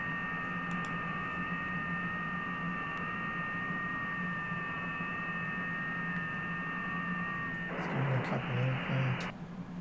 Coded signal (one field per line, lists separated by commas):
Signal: FT8